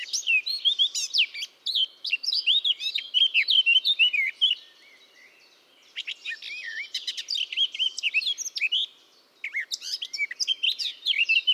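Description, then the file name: Eurasian blackcap delivering repeated bursts of rich, hurried warbling with brief quieter gaps between them. "Sylvia atricapilla"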